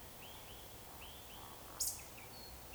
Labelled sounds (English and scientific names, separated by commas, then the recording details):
Eurasian Woodcock (Scolopax rusticola) whistle, Eurasian Woodcock (Scolopax rusticola) croak
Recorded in Baden-Württemberg, Germany, on 13 June 2020 at 02:21 UTC
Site 43791, 788 m above sea level